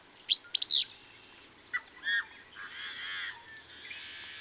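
Bird song opening with two loud, high chirps, then softer, lower warbled notes trailing off over a faint background hiss.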